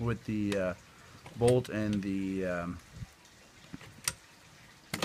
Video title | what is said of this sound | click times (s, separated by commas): Copy of Mossberg 500 & Maverick 88 Full/Field Dissassembly Cleaning & Reassembly | I can't remember the name of it again, but it should lock into place just like that. | 4.1 s, 4.9 s